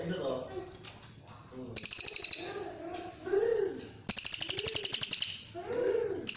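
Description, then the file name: Cililin coklat song: two fast high trills, the second longer, and the start of a third, mixed with lower arching warbled notes throughout. "suara cililin coklat"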